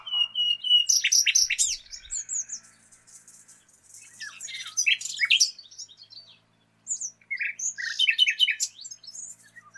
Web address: pub SETE data Luscinia megarhynchos